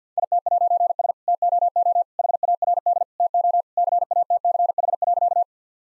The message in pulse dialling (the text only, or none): none